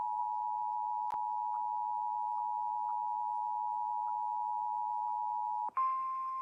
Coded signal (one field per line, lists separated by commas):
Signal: Emergency Alert System (SAME) tones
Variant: 853 and 960 Hz attention tone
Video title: EAS Fire Warning #6 3/14/25 (Credit Goes To @SouthernPennsylvania & @KanawhaCountyWX)